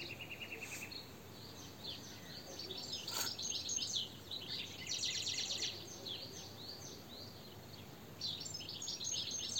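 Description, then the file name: European goldfinch calls, bright twittering chirps and a short rattling burst over a steady hiss. "Carduelis carduelis"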